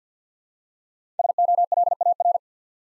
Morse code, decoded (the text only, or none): SOLAR